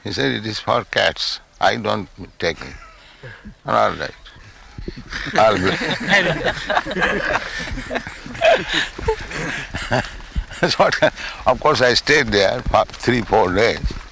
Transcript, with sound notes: He said, "It is for cats. I don't take meat." "All right. [laughter] I'll do." So of course, I stayed there for three, four days.